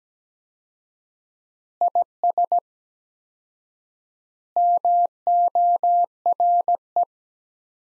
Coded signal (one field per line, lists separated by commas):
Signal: Morse code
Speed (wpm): 17 wpm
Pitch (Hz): 700 Hz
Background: none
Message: IS MORE